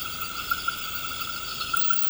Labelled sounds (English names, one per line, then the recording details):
none
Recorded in pastures near Puerto Asís, Putumayo, Colombia, on 21 March 2025 at 20:00
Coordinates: 0.472, -76.329
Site G074